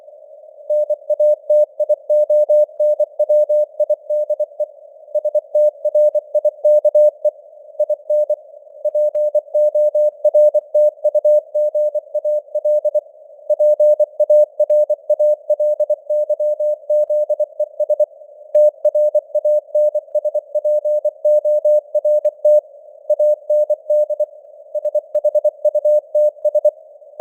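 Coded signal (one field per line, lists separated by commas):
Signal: Morse code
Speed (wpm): 24 wpm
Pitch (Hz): 600 Hz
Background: none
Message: NATIONWIDE STRIKE IN PORTUGAL PARALYZES TRANSPORT AND SHUTS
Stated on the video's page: News headlines in Morse at 24 wpm with simulated radio noise and varying signal strength (QSB).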